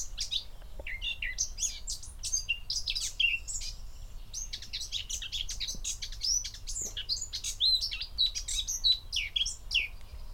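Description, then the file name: Eurasian blackcap song: two long bursts of rapid, varied warbling, scratchy chattering notes mixed with clearer whistled phrases, separated by a short pause, over a low steady rumble. "Sylvia atricapilla"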